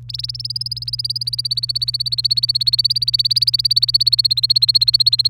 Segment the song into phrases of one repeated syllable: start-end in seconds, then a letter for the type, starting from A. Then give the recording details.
0.09-5.30 A. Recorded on 29 April 2018 at 07:36. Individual llb3